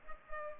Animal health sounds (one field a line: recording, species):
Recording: mosquito wingbeat signal from an infrared sensor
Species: Culex pipiens